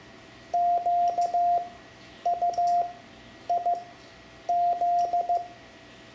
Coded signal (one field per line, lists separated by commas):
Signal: Morse code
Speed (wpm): 15 wpm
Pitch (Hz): 700 Hz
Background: none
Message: QUIZ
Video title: Learning CW for Ham Radio (Lesson 7) Morse Code letters X-Z, Amateur Radio